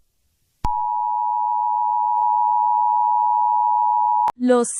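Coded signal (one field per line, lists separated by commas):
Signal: Emergency Alert System (SAME) tones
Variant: 853 and 960 Hz attention tone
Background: speech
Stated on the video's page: Fictional EAS scenario based on a Jurassic Park novel, horror-themed.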